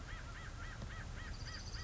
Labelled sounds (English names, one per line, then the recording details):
American Crow
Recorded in Sonoma County, California